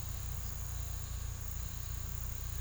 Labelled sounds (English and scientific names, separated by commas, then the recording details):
none
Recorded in pastures near Puerto Asís, Putumayo, Colombia, on 18 December 2024 at 14:00
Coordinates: 0.486, -76.323
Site GP01